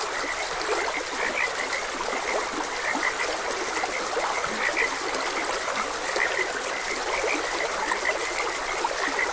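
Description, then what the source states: Frogs give scattered short croaks, somewhat sparse, above the continuous noise of a running stream. Frogs croaking beside a gentle stream.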